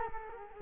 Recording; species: mosquito wingbeat signal from an infrared sensor; Culex quinquefasciatus